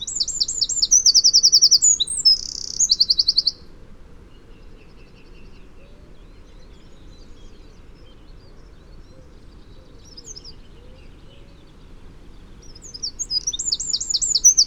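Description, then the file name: Eurasian wren song: a rapid, very high trilled burst of about three seconds, a long quiet gap, then another fast trill begins near the end. "Troglodytes troglodytes"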